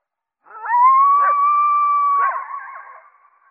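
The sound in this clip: Coyote howl, one long steady wavering note with a clear higher overtone, held for nearly two seconds before fading into short broken yelps.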